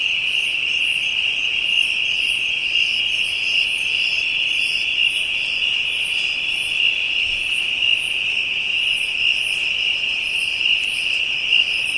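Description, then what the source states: Insect chorus: an unbroken shrill hum underneath, overlaid by higher rhythmic pulsing buzzes repeating throughout. Insects in Africa, ambient soundscape.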